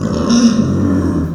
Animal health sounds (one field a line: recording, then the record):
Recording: squeal of a Yucatan mini pig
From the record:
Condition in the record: after surgery on the right vocal fold (resection and tissue-engineered implant)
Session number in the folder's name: 9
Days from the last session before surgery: 65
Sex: female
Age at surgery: 19 weeks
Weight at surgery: 25 kg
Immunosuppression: prednisolone